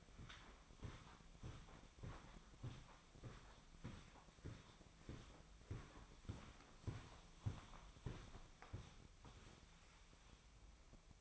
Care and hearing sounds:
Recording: daily activity, microphone in the room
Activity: walk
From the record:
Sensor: 1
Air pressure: 1009.3 hPa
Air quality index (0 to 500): 185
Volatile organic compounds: 4 ppm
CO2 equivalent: 1561 ppm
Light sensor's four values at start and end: 52/139/57/70 and 51/138/56/68

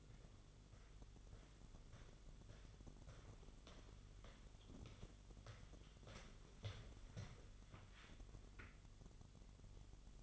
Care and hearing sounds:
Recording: daily activity, microphone in the room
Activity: walk to room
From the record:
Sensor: 4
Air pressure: 1009.0 hPa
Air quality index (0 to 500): 138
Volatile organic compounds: 2 ppm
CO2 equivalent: 1004 ppm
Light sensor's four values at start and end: 15/35/14/13 and 15/34/14/13

